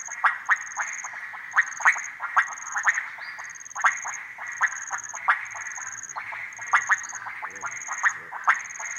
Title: 180923 Harenna Forest - Frogs At Pond